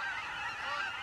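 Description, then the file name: Aleutian cackling goose: aleutian cackling geese calling as a dense flock, many high, yelping honks overlapping continuously with no pauses, forming a steady clamorous chorus. Aleutian subspecies; a flock of geese. "sound ecology - aleutian geese"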